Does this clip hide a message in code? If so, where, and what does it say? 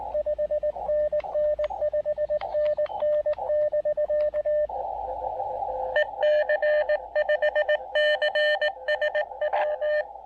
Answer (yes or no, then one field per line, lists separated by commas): yes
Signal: Morse code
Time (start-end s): 0.1-10.0 s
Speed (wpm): 20 wpm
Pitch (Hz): 600 Hz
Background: radio noise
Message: 5NN 5NN <BK> EC5CSW